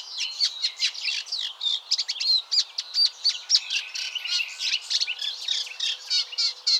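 Warbler song: a rapid stream of high, sharp chirps and short trills that carries on for the whole stretch.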